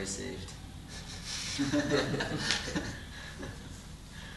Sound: laughs

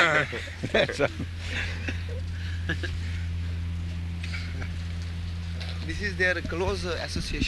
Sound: laughter

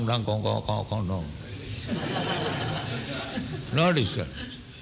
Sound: laughter

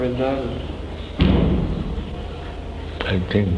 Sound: car door slams

